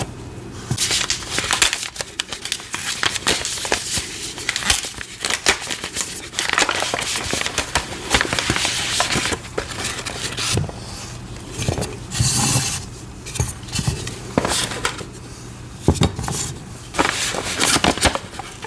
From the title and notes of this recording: Making Citric Acid Dyed Chalk & Cornstarch Crunchies. Pouring, powder play, cornstarch squeaks, citric acid sizzles.